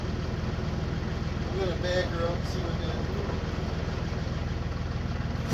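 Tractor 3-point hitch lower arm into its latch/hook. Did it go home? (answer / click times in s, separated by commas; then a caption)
no / none. A tractor idles with a steady low engine rumble while someone talks as it is backed up so the lower arm of its 3-point hitch on the snowblower can lock into its latch. Nothing has seated or clicked into the latch yet by the end of the clip.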